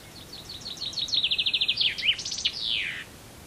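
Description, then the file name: Common chaffinch song: a quick run of high notes speeding into a rattling trill, then a descending flourish at the end, all within three seconds. "Penkava Obecna"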